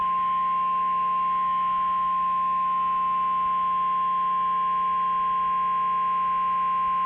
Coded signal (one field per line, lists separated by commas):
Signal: Emergency Alert System (SAME) tones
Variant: 1050 Hz attention tone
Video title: The Day After Tomorrow (EAS Scenario)